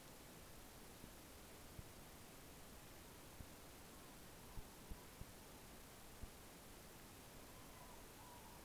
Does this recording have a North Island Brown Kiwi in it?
no